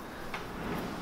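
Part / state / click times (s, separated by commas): chip breaker on the blade of a hand plane / partly seated / 0.3 s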